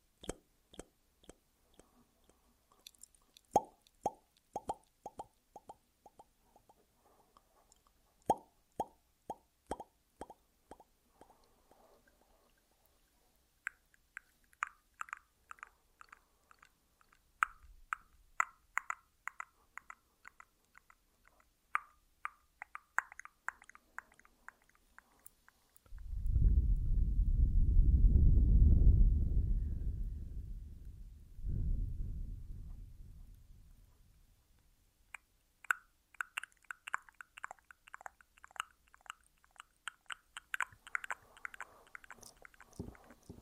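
Mouth sounds with an echo: quick clicks, pops and wet smacks in irregular bursts, some ringing briefly with a tonal edge early on. Around 26 to 34 seconds a loud, low rumbling whoosh takes over, then the sharp clicking resumes through the end.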